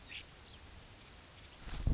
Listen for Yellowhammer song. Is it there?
no